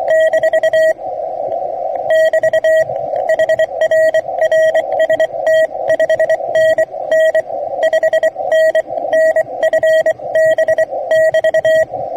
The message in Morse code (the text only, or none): - <BT> HR RST 5NN 5NN FB <BT>